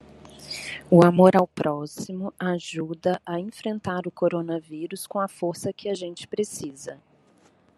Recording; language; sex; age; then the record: spoken sentence; Brazilian Portuguese; female; 30 to 39 years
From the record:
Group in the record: control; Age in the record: 37 years